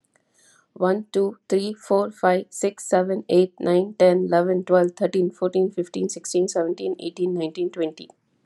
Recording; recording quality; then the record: counting at a fast pace; excellent, no background noise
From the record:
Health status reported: healthy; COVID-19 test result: negative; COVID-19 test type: RT-PCR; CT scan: not taken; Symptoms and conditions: cold, sore throat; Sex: female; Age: 35 years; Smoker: no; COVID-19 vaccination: both doses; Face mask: not worn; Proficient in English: yes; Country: United States